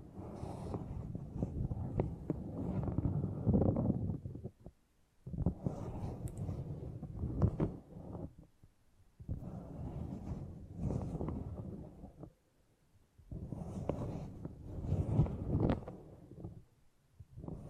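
Beeswax being handled in soft, low crinkling bursts of about three seconds, separated by short silences, with occasional faint clicks.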